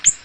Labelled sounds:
Ovenbird flight call

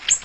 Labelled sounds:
Ovenbird flight call

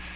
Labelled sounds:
American Redstart flight call

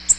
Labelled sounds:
Nashville Warbler flight call

